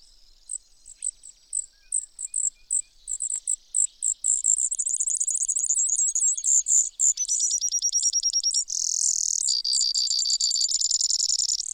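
Brewer's sparrow song: high, spaced notes speed up into rapid trills, then shift into several buzzy trills at different pitches.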